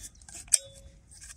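A tent pole end is pushed into a frame fitting on a 30-year-old tent, with faint small ticks at about 0.2 s before a loud, sharp snap at 0.5 s that leaves a brief metallic ring over low background rumble. The pole seats firmly in the fitting at 0.5 s, making the tent structure really sturdy.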